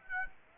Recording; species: mosquito wingbeat signal from an infrared sensor; Aedes aegypti